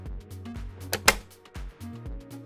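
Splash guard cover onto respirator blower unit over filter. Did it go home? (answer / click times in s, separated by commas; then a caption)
yes / 0.9 s, 1.1 s. A plastic splash guard cover is placed over a gas filter on a Dräger X-plore 8500/8700 respirator blower unit and pressed until it latches. Two sharp clicks sound at 0.9 and 1.1 seconds over soft background music, showing the cover has seated.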